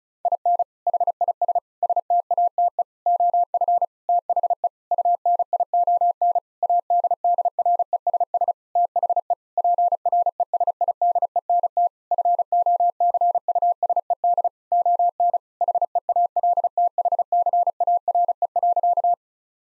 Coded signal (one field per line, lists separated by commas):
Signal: Morse code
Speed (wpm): 34 wpm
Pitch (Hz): 700 Hz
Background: none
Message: IN HIS STATE OF THE UNION ADDRESS THE PRESIDENT FOCUSED ON HEALTHCARE.